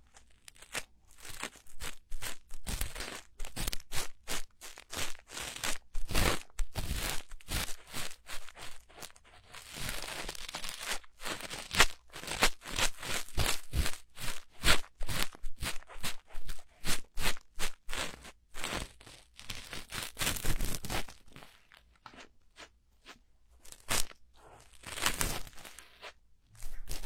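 Ear cleaning with dense, irregular scratching and crinkling scrapes that come in rapid bursts throughout, with brief quiet gaps around eleven and twenty-three seconds.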